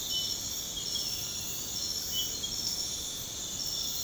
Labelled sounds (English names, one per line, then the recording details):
none
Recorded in secondary vegetation near Puerto Asís, Putumayo, Colombia, on 21 February 2024 at 01:30
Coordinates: 0.472, -76.331
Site G6371